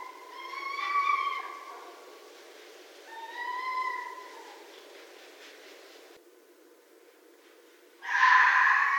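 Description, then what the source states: Red fox making two clear, slightly wavering cries a few seconds apart, then a sudden loud, rough scream near the end. Recorded in 2012.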